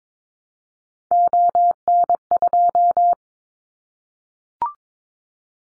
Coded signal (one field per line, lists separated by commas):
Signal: Morse code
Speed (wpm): 22 wpm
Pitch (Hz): 700 Hz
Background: none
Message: ON2